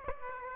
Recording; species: mosquito wingbeat signal from an infrared sensor; Aedes aegypti